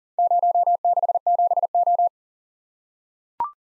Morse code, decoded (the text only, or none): 067O